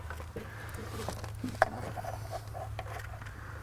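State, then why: Seated. A plastic wiring harness connector is pushed onto the rear valve cover connector of a 2013–2014 Dodge 6.7L Cummins automatic during a TS Performance Stryker install, with faint handling scrapes and taps over a low steady hum. It seats with a sharp click at 1.6 s, and someone talks.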